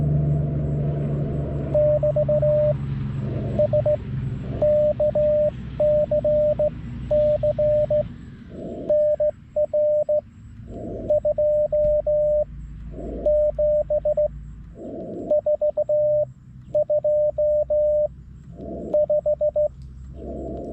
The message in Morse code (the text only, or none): <BT> SKCC NR 27425